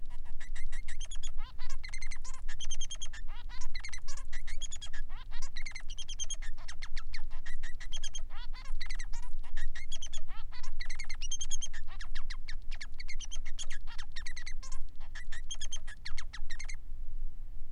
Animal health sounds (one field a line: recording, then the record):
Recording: song of a male Bengalese finch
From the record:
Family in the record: son of father 3